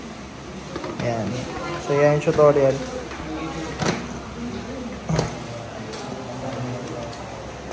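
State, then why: Not seated. Someone talks while handling the key lock on the removable battery mount of an electric motorcycle, getting ready to lock the battery in with its key. Short broadband knocks stand out near 3.9 and 5.2 seconds over a steady low background. The battery has not seated and the lock has not clicked shut yet.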